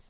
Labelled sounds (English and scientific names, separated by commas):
Lucy's Warbler (Leiothlypis luciae) flight call